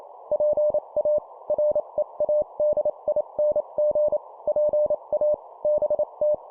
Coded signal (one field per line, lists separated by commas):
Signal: Morse code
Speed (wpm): 28 wpm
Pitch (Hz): 600 Hz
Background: none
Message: PA READING PA BT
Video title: 25wpm CQ QSO Call Short Example, CW morse code